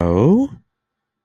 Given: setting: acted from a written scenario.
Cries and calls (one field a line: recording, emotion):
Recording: vocal sound without words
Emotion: interest